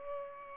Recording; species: mosquito wingbeat signal from an infrared sensor; Culex pipiens